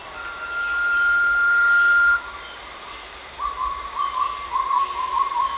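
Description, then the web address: Blue-banded pitta gives one long, level whistle lasting about two seconds, followed by a run of rapid, bubbling notes. Recorded at Danum on 1 March 2008. "DANUM 20080301. blue-banded pitta"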